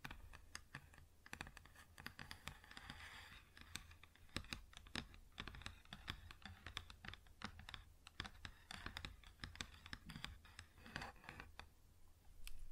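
Fingers tap and scratch on a wood surface in quick, irregular clicks that bunch into dense bursts, over a steady low hum.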